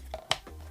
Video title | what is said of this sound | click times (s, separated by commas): Is this the BEST iPad Case? - Moft Dynamic Folio | that locks into place and now I can use it | 0.3 s